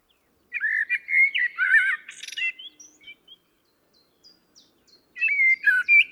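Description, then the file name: Common blackbird song phrases: mellow, fluting warbles breaking into a scratchy high flourish, a few faint thin notes, then another warbled phrase. "Turdus merula"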